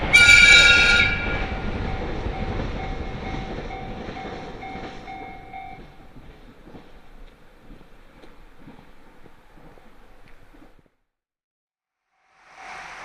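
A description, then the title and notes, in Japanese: A train on the Muroran Main Line starts loud with a bright screech, then rumbles and fades to near silence around eleven seconds before sound returns. 耳で楽しむ鉄道旅 室蘭本線 小幌→洞爺。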